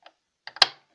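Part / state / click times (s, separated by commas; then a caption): sewing machine hook race ring into shuttle housing clamps / seated / 0.6 s. The hook race ring of a LEADER sewing machine is pushed into the shuttle housing so its clamps lock it; it had been left loose before, and the machine hummed and would not sew. Faint ticks at 0.1, 0.5 and 0.6 s lead into a sharp, bright click at 0.6 s. The ring snaps home and is seated.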